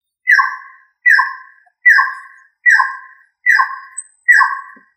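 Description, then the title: Rail calls: two-part notes, each dropping slightly in pitch, repeated about every three-quarters of a second, six times in a row. "LuckyFamilia RallidaeFrangoSama"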